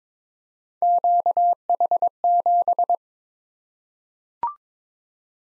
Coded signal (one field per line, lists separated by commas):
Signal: Morse code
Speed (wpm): 23 wpm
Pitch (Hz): 700 Hz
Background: none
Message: QH7